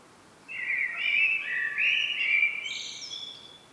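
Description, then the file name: Common blackbird song phrase: melodious whistled notes wandering up and down, followed by a high, scratchy twitter that trails off. "Turdus merula"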